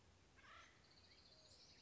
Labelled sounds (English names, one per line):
Acorn Woodpecker